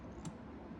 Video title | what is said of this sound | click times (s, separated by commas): Singer 201 - Threading the machine | And it clicks right into place. | 0.2 s